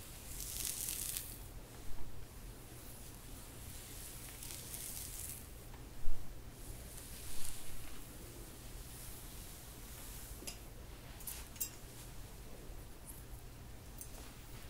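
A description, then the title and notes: Hair being brushed and handled, with soft bristly rustles that swell and fade rather than keeping a steady rhythm. Brighter, scratchier strokes come near the start, around 2, 5 to 6 and 7 to 8 seconds, over a constant low hum. Hair brushing, hair play, hair styling.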